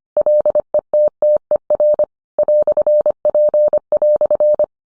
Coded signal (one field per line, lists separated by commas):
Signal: Morse code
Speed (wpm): 25 wpm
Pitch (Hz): 600 Hz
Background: none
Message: LETTER "P"